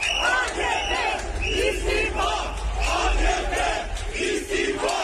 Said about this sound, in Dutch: Sommige Turken gaan de straat op en eisen het vertrek van de AK-partij van Erdogan.